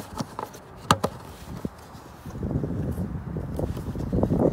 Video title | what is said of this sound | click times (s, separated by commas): Volvo v70 Headlamp Bulb Replacement (Most Difficult Side). | it just goes with a little click | 0.9 s